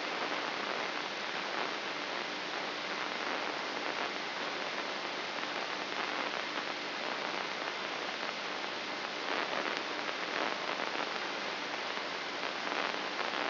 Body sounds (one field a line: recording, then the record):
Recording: brain microelectrode recording played as sound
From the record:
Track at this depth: outside the subthalamic nucleus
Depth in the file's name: 2.536 mm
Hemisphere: left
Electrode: 3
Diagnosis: Parkinson's disease